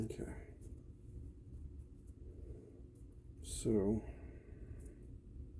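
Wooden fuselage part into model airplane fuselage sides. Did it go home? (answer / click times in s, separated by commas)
no / none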